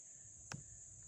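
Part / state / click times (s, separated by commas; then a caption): trap dog engaging under the pan of a foothold trap / seated / 0.5 s. A steel foothold coyote trap is being set, with its metal dog hooked up under the pan. A small metal piece on the dog gives a single sharp click at 0.5 s over a steady high-pitched hiss, showing the dog has clicked into its set position and the trap is set right.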